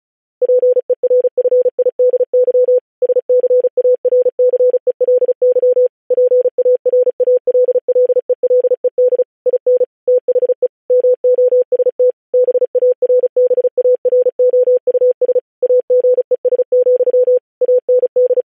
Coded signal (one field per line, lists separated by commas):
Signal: Morse code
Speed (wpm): 36 wpm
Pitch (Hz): 500 Hz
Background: none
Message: PERFIDY SCARCELY PARALLELED IN THE MOST BARBAROUS AGES, AND